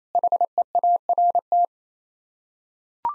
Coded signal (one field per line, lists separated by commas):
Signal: Morse code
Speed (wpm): 28 wpm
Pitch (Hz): 700 Hz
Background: none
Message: HEART